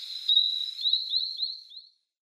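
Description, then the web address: Spotted sandpiper giving a quick series of thin, high whistled notes, running together over about two seconds before stopping. "Schulze Peter Spotted Sandpiper calls"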